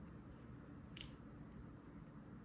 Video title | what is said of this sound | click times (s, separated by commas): Matin Film Leader Retriever Tutorial | So I'm just gonna turn it slowly until I hear that click. | 1.0 s